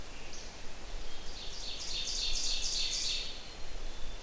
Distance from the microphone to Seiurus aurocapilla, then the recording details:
about 30 m. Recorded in boreal forest in Alberta, Canada, on 28 June 2016 at 05:06. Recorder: SongMeter 3, array SBT-6-79. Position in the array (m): 41 m, 117 m. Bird 40